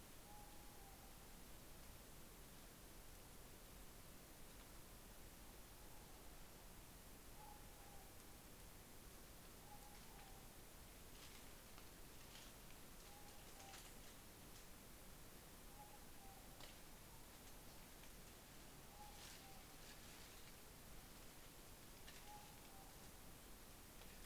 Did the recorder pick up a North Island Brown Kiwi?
no